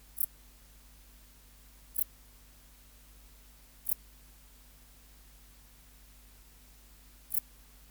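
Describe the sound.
Dark bush-cricket chirping: brief, high-pitched ticking notes at irregular gaps of about two to three and a half seconds, with a faint low hum behind.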